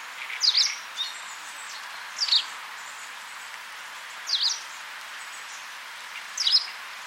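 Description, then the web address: Bird calls, short sharp high descending chirps given about every two seconds, with a fainter note early on, over steady background hiss. "cianscape birddata Deverinetal 2025"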